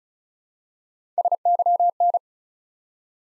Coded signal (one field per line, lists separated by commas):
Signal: Morse code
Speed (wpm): 36 wpm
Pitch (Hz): 700 Hz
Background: none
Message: SYN